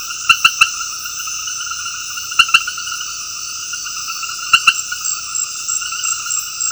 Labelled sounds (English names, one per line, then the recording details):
none
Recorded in secondary vegetation near Puerto Asís, Putumayo, Colombia, on 19 February 2024 at 21:30
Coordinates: 0.481, -76.323
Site G6376